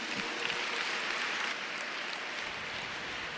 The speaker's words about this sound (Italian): Andiamo avanti con questa serata e chiamiamo il coretto di Varago. Un bel applauso, per favore, eccoli qui.